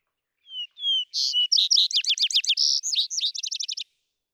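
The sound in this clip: Vesper sparrow singing two whistled lead-in notes, then a lively cascade of buzzy notes and rapid slurred trills, ending in a quick repeated series.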